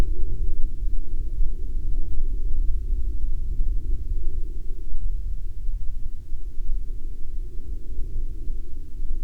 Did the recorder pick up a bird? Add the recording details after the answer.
no. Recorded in the Prudhoe Bay oil fields, Alaska, on 11 May 2019 at 13:16. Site 16